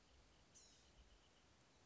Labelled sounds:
Blue-gray Gnatcatcher
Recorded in Sonoma County, California

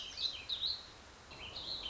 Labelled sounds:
Warbling Vireo
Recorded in Sonoma County, California

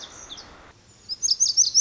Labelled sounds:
Lazuli Bunting
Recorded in Sonoma County, California

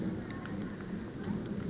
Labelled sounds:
Brown Creeper
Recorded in Sonoma County, California

